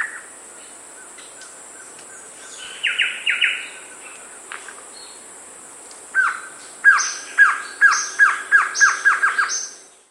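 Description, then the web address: Glossy antshrike calling: a few scattered notes, then a series of about a dozen short notes delivered several a second. South America. "Natures Songs S America Glossy Antshrike"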